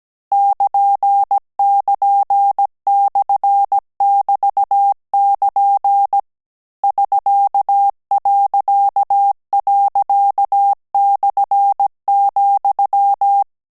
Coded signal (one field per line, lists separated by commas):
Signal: Morse code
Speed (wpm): 17 wpm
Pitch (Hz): 800 Hz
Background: none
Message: <KN><KN>/<BT><KN> <SK>../,